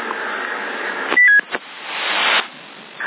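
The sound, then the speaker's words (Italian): A brief telephone tone beeps over crackly CB radio static in Sassari, two quick steady notes stepping slightly down in pitch, loud against the hiss, which then surges noisily before settling again. “Sento un telefono, scusami, che mi ha dato un cogno.”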